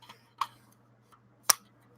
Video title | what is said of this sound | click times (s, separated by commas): Trump 2020? Gun Rights, General Gun Talk , & Q& A | so here's the first gen glossiest out clicks right into place seems | 1.5 s